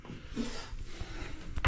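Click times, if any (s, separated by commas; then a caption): none. A tool slips on the stripped head of the set screw holding a shower mixing valve handle, making steady rubbing, rasping scrapes, with a sharper, louder scrape at 1.7 s. Nothing has clicked or come loose: the screw is stripped and won't come out, so the handle stays on.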